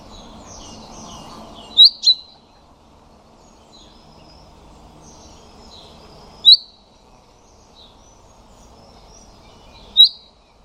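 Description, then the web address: Common chaffinch calls: a quick doubled metallic note, then two single notes a few seconds apart, with faint twittering before the first. "Deverinetal 2025"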